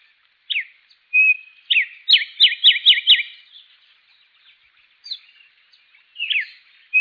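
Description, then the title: Bird singing a clear level whistle then a rapid burst of descending slurred notes, followed by scattered softer chirps. "LuckyPassaro Completos2Sama"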